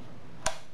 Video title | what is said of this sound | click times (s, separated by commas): How to use the Drill Doctor XPK drill bit sharpener - a comprehensive guide | και μετά θα γυρίσω τη μύτη μέχρι να κλειδώσει | 0.5 s